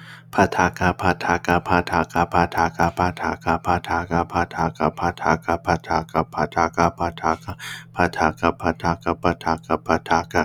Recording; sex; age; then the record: repeated syllables /pa ta ka/; male; 30 to 39 years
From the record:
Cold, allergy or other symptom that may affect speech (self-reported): no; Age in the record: 32 years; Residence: Texas, United States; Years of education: 14